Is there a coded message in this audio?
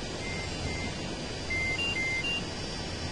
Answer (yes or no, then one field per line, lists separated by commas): no